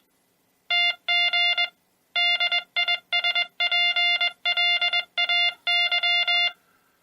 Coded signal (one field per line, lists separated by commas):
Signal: Morse code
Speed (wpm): 21 wpm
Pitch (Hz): 2800 Hz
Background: none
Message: TG DISPLAY